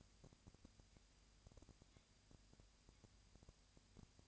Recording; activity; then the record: daily activity, microphone in the room; no activity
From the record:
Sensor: 2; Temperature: 20.3 degrees Celsius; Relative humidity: 37.0%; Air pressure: 998.7 hPa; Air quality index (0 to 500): 236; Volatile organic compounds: 38 ppm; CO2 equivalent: 3116 ppm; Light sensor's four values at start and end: 2/3/2/2 and 2/3/2/2